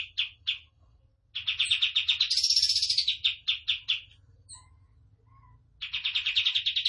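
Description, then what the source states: Tembakan bird singing rapid repeated chirps, breaking into a brighter sustained trill, a pause with a few soft notes, then another quick chirping run; low hum throughout. Gacor (vigorous, continuous) song, used for training cage birds.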